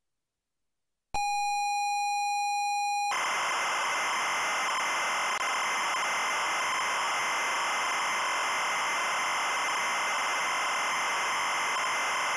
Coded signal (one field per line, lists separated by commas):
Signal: ZX Spectrum tape loading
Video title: The Addams Family (ZX Spectrum)